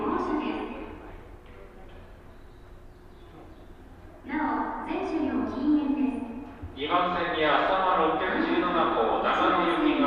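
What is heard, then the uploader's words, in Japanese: A train ride on the Shinano Railway and Hokuriku Shinkansen, with a steady low hum running underneath. A voice talks throughout, quiet at first, then louder from about four seconds and fuller still after seven seconds until the end. しなの鉄道・北陸新幹線 小諸→上田→長野。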